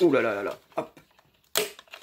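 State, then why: Seated. A recovered compact fluorescent lamp is pushed into its plastic lampholder socket while someone talks. It snaps home with a sharp, loud click at 1.6 s, followed by a few faint small ticks, and the lamp is seated.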